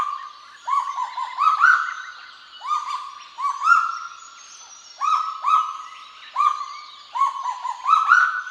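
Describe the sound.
Kagu giving clusters of held tonal calls, several quick notes bunched together then pauses, pitch nearly level with occasional small rises.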